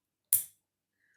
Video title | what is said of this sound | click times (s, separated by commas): Fall Trolling w/ Church Tackle & Rapala | once I do this, and you can hear it click. | 0.3 s